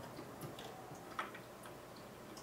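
A small power cable connector is plugged into the power socket of an ATI 5870 graphics card during a Mac Pro upgrade. A single short, sharp tick is heard at 1.2 seconds as the connector clicks in and seats, and the fit is confirmed as a success. Before and after, there is only quiet low background noise.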